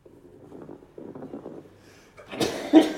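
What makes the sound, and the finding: Adult. Sneeze.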